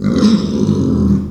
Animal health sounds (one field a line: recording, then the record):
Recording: squeal of a Yucatan mini pig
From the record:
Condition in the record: after surgery on the right vocal fold (resection and tissue-engineered implant)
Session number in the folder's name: 13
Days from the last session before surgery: 113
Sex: female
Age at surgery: 19 weeks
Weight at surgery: 25 kg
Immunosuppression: prednisolone